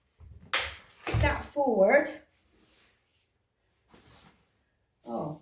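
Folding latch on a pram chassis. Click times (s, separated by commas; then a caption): 0.5 s. A folding latch on a pram chassis is worked by pressing the release button and pulling out a part of the frame, and it clicks into place with a loud, sharp hit at 0.5 s. A second, softer knock follows at about 1.1 s, and someone talks throughout.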